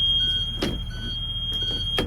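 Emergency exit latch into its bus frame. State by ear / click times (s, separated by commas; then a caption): not seated / none. During a pre-trip check of a 2017 IC Conventional school bus, an emergency exit latch is handled against its bus frame over a steady low rumble and a constant high-pitched tone. Brief broadband knocks come at about 0.6 s, 1.5 s and 2.0 s. Nothing has latched or seated yet.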